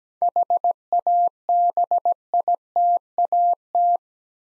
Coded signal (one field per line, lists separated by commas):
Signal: Morse code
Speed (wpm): 17 wpm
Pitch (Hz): 700 Hz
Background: none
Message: HABITAT